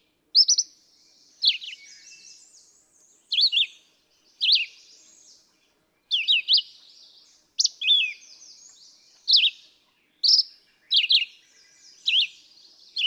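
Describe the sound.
Red-eyed vireo singing a steady run of brief slurred whistled phrases, repeated roughly every second with short gaps.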